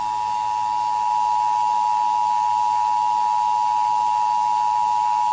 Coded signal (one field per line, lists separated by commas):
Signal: Emergency Alert System (SAME) tones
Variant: 853 and 960 Hz attention tone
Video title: Eas simulacion - sin sentido